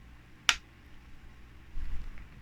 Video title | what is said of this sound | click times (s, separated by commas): Beeman Chief II + 3000 PSI budget PCP air rifle // Unboxing & First impressions [AirgunArcheryFun] | until it clicks. That's very nice. I like that. It clicks. | 0.5 s